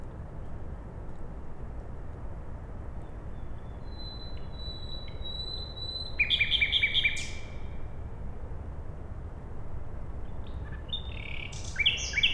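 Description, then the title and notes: Common nightingale phrases after a quiet pause: a fast run of repeated clicking notes, then later another rattling burst, over continuous low rumbling noise. Sung at night beside a road in Siemianowice Śląskie, Poland, on 20 May 2019; Zoom H5 recorder with Audio-Technica BP4025 microphone. "Bohaterów Westerplatte, 41-106 Siemianowice Śląskie, Polska. Poniedziałek, 20 maja 2019. Noc. Słowik przy drodze"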